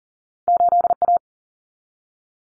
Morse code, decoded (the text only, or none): 8A